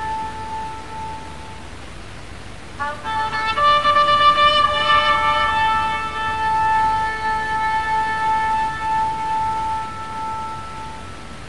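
A shofar sounds a long blast, starting near three seconds with a rough, buzzing attack and swelling into a bright, brassy tone that wavers slightly. The note holds until about ten seconds, then thins out. A steady hiss and faint low rumble run underneath throughout.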